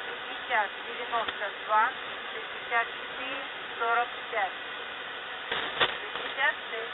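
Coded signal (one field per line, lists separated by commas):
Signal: coded military voice message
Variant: Squeaky Wheel, Russian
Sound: a male voice reads short clipped words over hiss, about eight syllables in seven seconds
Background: radio static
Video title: ⚠ The Squeaky Wheel | 16th November 2023 | 4 Digit Callsign Monolith Voice Message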